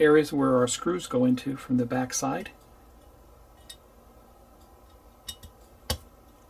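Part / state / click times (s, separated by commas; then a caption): scale model emblem into the van's front panel / seated / 5.9 s. Someone talks for the first 2.5 seconds, then a builder presses a Volkswagen emblem with two guide pins on the bottom into the front panel of a 1:8 scale metal model van. A few faint ticks come at 3.7, 5.3 and 5.4 seconds. A sharp snap at 5.9 seconds marks the emblem seating in place.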